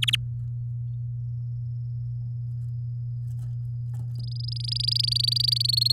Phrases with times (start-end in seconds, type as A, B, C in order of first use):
0.02-0.16 A, 4.15-5.92 B